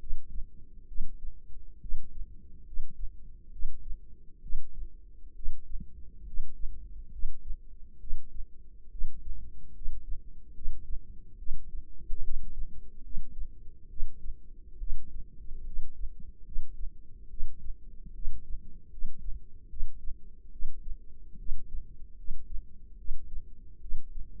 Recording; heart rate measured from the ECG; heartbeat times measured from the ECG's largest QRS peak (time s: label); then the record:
heart sounds by microphone in the left ear; 71 bpm
0.86 s: heartbeat
1.80 s: heartbeat
2.64 s: heartbeat
3.50 s: heartbeat
4.41 s: heartbeat
5.34 s: heartbeat
6.24 s: heartbeat
7.10 s: heartbeat
7.98 s: heartbeat
8.89 s: heartbeat
9.72 s: heartbeat
10.53 s: heartbeat
11.37 s: heartbeat
12.21 s: heartbeat
13.02 s: heartbeat
13.88 s: heartbeat
14.78 s: heartbeat
15.64 s: heartbeat
16.43 s: heartbeat
17.28 s: heartbeat
18.13 s: heartbeat
18.89 s: heartbeat
19.68 s: heartbeat
20.50 s: heartbeat
21.37 s: heartbeat
22.15 s: heartbeat
22.96 s: heartbeat
23.79 s: heartbeat
From the record:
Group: healthy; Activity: rest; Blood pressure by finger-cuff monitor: 136/76 mmHg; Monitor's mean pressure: 95 mmHg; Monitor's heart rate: 70 bpm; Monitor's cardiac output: 6.6 L/min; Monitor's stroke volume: 94 mL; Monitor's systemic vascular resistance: 1030 dyn s/cm5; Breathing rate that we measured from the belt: 19 breaths a minute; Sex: female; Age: 22 years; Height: 154 cm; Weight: 58.7 kg